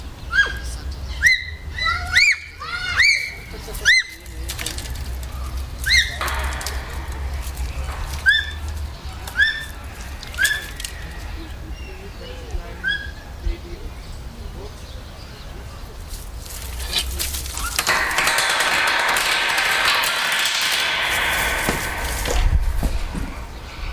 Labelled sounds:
Bonobo (Pan paniscus) call

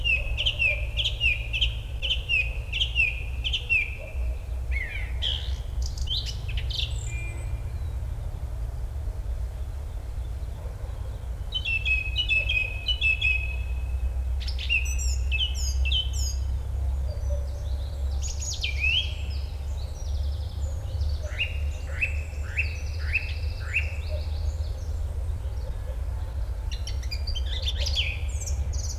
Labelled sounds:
Song Thrush (Turdus philomelos) song

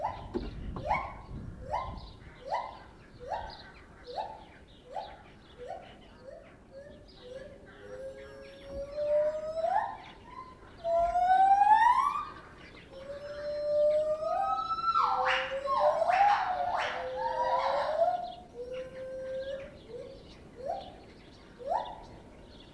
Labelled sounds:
Lar Gibbon (Hylobates lar)

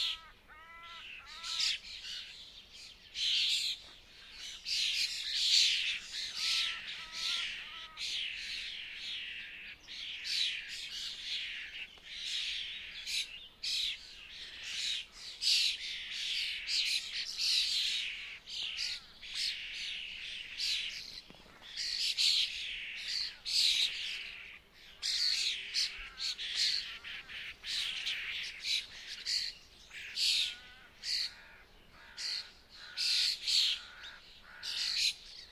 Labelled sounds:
European Starling (Sturnus vulgaris) call

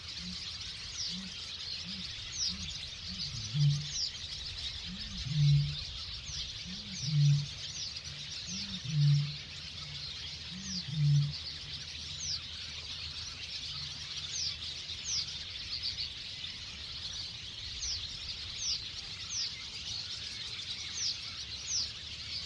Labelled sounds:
Barn Swallow (Hirundo rustica) call

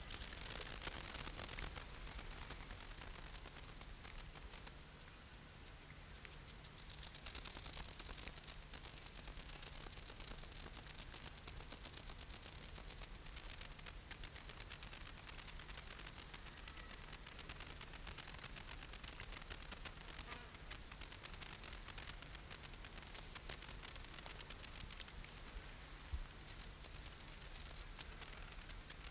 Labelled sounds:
Stripe-winged Grasshopper (Stenobothrus lineatus) stridulation

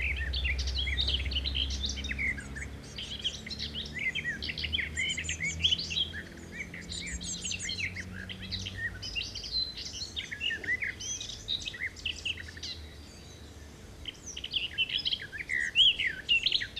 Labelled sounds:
Common Whitethroat (Sylvia communis) song

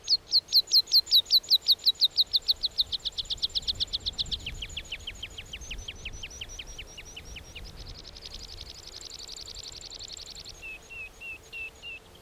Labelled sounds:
Meadow Pipit (Anthus pratensis) song

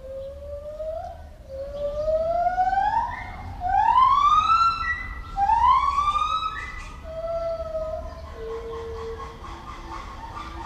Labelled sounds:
Black-and-white Ruffed Lemur (Varecia variegata)

